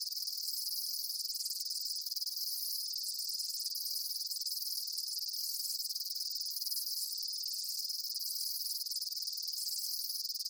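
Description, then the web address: Insects keep up a steady, high, rapidly pulsing chorus, dense and unbroken, with small periodic swells in the texture. Daytime insect ambience, chirping bugs. "Blast Wave Amb Day Insects. animal ambience insects chirps day bugs"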